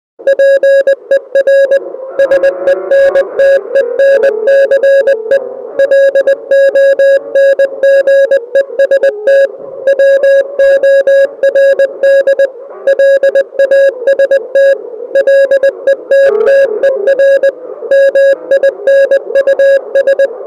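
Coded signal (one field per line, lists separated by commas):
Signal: Morse code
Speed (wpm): 20 wpm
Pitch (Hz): 550 Hz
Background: music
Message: PER SENTENCE LONGEST WORD LAST LETTER MINUS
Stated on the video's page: Morse code in the Unity game No Players Online, part of its puzzle/ARG.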